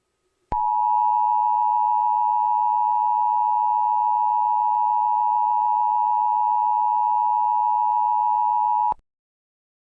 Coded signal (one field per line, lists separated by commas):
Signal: Emergency Alert System (SAME) tones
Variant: 853 and 960 Hz attention tone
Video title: The Kinito And Stickman Show: A EAS Scenario Part 1